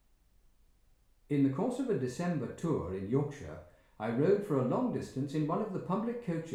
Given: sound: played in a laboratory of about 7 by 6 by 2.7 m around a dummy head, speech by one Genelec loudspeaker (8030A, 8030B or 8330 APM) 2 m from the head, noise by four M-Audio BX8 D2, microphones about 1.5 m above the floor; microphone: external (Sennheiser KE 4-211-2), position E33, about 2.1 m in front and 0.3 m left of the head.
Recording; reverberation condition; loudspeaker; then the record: male speech in English; medium; 30 degrees to the left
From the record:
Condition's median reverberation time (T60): about 510 ms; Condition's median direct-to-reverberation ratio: about -0.5 dB